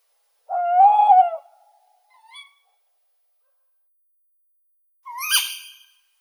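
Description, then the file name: Tawny owl with a wavering hoot, a brief faint note, then a single sharp rising call. "Neyasyt seraya Strix aluco"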